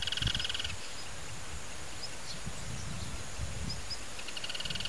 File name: Canto do joao graveto